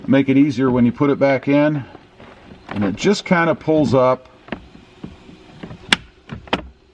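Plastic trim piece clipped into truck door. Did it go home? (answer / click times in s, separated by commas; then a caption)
released / 5.9 s. Someone talks for the first four seconds, then pulls up on a plastic trim piece clipped into the driver's side door of a Toyota Tundra during a grab handle install. Several small clicks and ticks follow as it works loose, and the clips release with a loud, sharp snap at 5.9 s. The trim piece comes free of the door.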